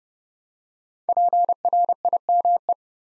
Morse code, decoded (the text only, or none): PRIME